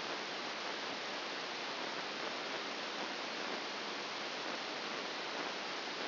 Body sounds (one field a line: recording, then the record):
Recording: brain microelectrode recording played as sound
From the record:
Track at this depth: inside the subthalamic nucleus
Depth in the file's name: 2.105 mm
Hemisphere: left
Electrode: 2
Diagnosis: Parkinson's disease